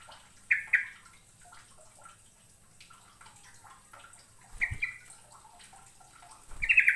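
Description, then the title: Bird chirps, a few sharp high notes spaced apart, with a couple of low thumps and a louder burst at the end. "Kicau Burung"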